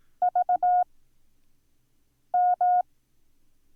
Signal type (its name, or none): Morse code